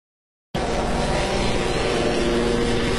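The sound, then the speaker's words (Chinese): A steady, loud mechanical whir with a buzzing propeller drone, starting abruptly after a brief silence and holding constant throughout, from a small camera drone used for aerial photography by photography enthusiasts, hovering or flying overhead. “从我们无人机上看的这个景色和我们在地上看的这个景色还是不一样的。”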